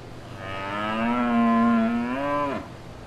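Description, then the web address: A cow gives one long, strong moo lasting about two seconds, steady then rising slightly before breaking off, with faint low hum behind. Cow at fair grounds with people. "Sound Effects-Blastwave ANIMALS Cow Fair Grounds"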